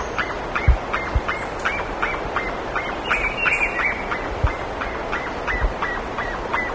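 Bird calls: short arched notes repeated steadily, about three each second, over a constant hiss of background noise with a few low thumps.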